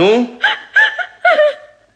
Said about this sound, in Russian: Ну, не плачь. Не плачь. Дай я тебе ототру слезы.